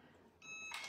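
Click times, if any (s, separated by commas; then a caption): none. The lid is put back onto a food processor bowl to restart mixing, but the machine refuses to run because the lid is not clipped on. After a quiet stretch, a steady high-pitched multi-tone beep starts at about 0.4 s, and a louder broad hiss joins it at about 0.7 s. Nothing has clipped or clicked into place yet.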